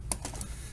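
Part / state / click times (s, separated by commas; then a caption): head piece onto combining robot toy body / seated / 0.1 s. The head piece of a plastic GaoKing combining robot toy is pressed onto the top of the assembled figure, giving a sharp snap at 0.1 s as it seats. Two softer clicks follow at about 0.3 s and 0.4 s, and the head piece ends up seated on top of the figure.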